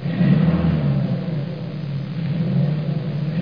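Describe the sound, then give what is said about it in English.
A car engine, started by pulling a knob during a driving lesson with the car inside a closed garage, rumbles steadily at a low pitch, holding an even, continuous drone with slight fluctuations in loudness and no voices. “Now, when I pull this knob, the engine starts.”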